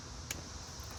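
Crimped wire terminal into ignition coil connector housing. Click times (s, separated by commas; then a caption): 0.3 s. A crimped wire terminal is pushed into a new plastic ignition coil connector housing on an Audi TT MK1 until it locks. A single short, bright click rises sharply above a steady low background hiss at 0.3 s. The terminal seats and locks into the housing.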